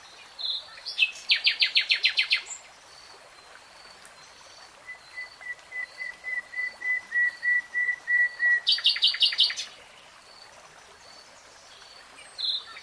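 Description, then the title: Nightingale song: a loud rapid trill, then a long series of steady piping notes growing louder, and another quick trill. Three-hour real-time recording. "[Tiếng chim hót] Nightingale Singing"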